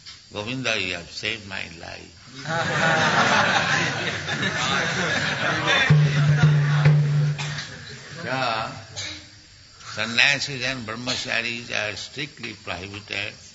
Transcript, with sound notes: Govinda, you have saved My life.” (laughter) So sannyāsīs and brahmacārīs are strictly prohibited